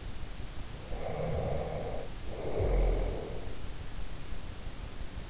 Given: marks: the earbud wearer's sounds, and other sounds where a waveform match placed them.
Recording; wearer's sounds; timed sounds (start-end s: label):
sounds in sleep by an in-ear microphone; breath
0.79-3.42 s: breath